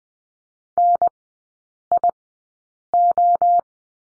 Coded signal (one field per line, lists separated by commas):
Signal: Morse code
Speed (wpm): 20 wpm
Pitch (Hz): 700 Hz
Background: none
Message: NIO